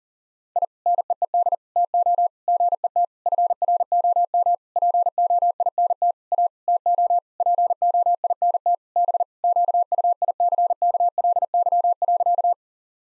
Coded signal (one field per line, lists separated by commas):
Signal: Morse code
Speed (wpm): 40 wpm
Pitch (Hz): 700 Hz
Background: none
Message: I NEED TO GET FROM POINT A TO POINT B QUICKLY.